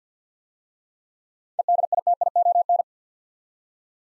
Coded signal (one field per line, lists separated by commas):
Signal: Morse code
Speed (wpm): 46 wpm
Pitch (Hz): 700 Hz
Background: none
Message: EDITION